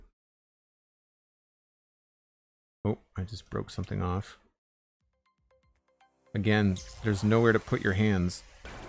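Someone talks while handling a plastic LEGO element that broke off the TIE Interceptor model and is being pressed back onto the model's wing assembly, with faint handling sounds between the bursts of speech. Nothing has seated or clicked yet; the clip ends just before the part goes home.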